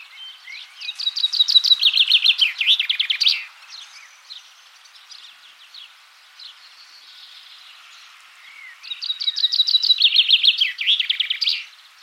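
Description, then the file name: Common chaffinch song: a fast descending series of bright trilled notes ending in a flourish, heard twice about eight seconds apart, with quieter birds calling in between. "Fringilla coelebs"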